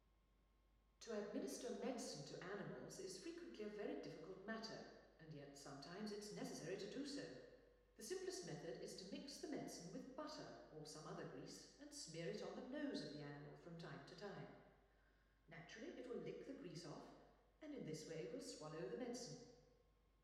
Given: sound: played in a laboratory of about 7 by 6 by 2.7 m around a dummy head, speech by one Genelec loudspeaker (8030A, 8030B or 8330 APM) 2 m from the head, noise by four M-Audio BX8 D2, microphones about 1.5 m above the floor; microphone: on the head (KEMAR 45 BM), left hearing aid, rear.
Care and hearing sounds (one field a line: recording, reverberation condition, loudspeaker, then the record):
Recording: female speech in English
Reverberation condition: high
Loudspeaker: 60 degrees to the left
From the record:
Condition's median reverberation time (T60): about 1300 ms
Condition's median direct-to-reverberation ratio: about -4.0 dB